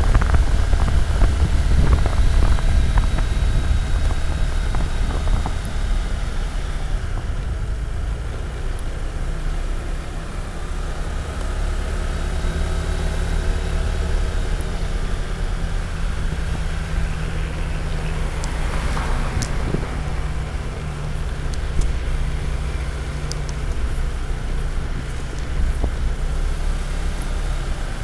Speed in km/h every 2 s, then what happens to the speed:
27, 26, 24, 16, 16, 20, 23, 20, 18, 16, 16, 15, 16, 20.
3-6 slows to 16. 6-11 speeds up to 23. 18-28 steady at about 16.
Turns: 0-4, 4-9.